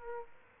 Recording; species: mosquito wingbeat signal from an infrared sensor; Aedes aegypti